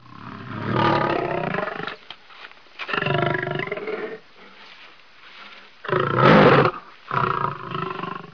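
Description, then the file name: Lion roaring in four loud, rough, harsh bursts of up to about two seconds each, separated by quieter gaps with faint low rumbling. "cree lion"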